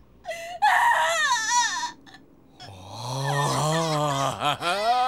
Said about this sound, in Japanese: いいもんだ。子供の泣き声ってのは、絶望に駆られた女子供の声に勝るものはない。